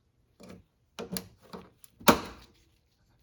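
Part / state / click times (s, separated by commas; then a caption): plastic dowel pins into front bumper cover mounting holes / seated / 1.2 s, 2.1 s. Two plastic dowel pins are pushed back into their mounting holes on the resin front bumper cover of a 2007–2013 Toyota Tundra. Short scuffs and knocks of handling plastic start around 0.5 s, with sharp clicks at 1.2 s and 2.1 s, the second the loudest of the clip. Both dowels click in and are seated.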